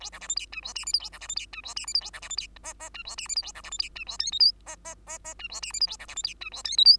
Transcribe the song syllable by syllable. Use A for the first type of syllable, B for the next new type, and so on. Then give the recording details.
A B C D E F G H I J A B C D E F G H I J A B C D E K K F G H I J A B C D E F G L M N K K K K F G H I J A B C D E F G L M N. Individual Bird2